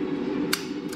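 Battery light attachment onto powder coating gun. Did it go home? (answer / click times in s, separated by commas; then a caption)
yes / 0.5 s. A light attachment powered by three AAA batteries is pushed onto a powder coating gun and snaps into place with a sharp, short click at 0.5 s, followed by a fainter tick at 0.9 s over a steady low hum. The light is seated on the gun.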